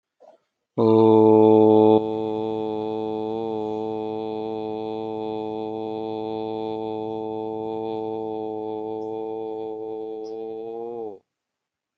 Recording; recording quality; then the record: sustained vowel as in boot; excellent, no background noise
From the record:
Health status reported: healthy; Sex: male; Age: 37 years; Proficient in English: yes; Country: India